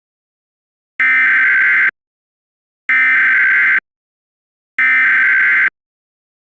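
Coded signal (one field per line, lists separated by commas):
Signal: Emergency Alert System (SAME) tones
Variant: header bursts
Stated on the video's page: Fictional EAS scenario audio drama.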